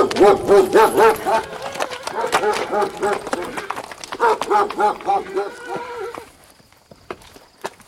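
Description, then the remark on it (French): A dog barks in a quick series of sharp, harmonic yaps that come in bursts, pause, then return, with scuffling footsteps underneath before everything fades to near quiet. “Plus que vous ne croyez, c'est un lion. Vous n'imaginez pas comme il aime mordre.”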